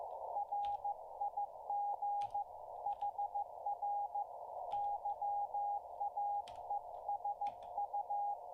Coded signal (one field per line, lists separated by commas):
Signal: Morse code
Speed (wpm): 15 wpm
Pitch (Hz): 820 Hz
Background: radio noise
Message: RIG HR YAESU